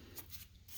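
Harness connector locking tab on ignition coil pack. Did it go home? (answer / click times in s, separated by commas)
no / none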